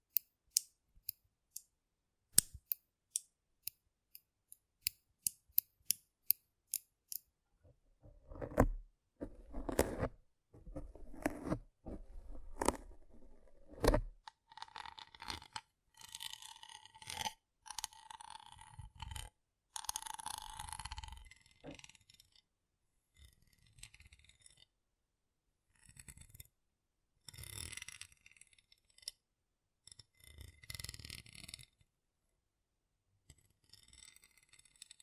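Rough brain cleaning and picking: sharp clicks and snips early, then wet squelching, scraping and a short steady tone midway, continuing in irregular bursts.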